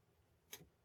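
A microphone is being handled onto a quick-release clip on a stand, with a brief bright tick at about 0.5 s over a quiet background. The clip ends before the microphone goes home, so nothing has seated or snapped in place yet.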